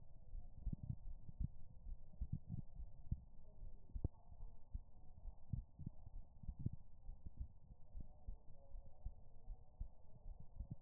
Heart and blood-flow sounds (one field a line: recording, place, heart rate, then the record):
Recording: heart sounds by stethoscope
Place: pulmonary valve (PV)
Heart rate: 73 bpm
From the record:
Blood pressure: 114/84 mmHg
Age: 31 years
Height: 150 cm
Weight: 67 kg